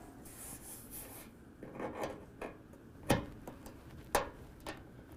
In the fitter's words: And you should hear it click in place.